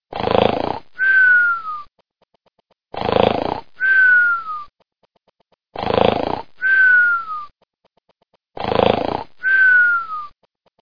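Four evenly spaced snore cycles, about 22 a minute. Each is a rough, rattling inward snort followed by a thin whistle that glides downward on the way out, giving a stylized, cartoon-like snore.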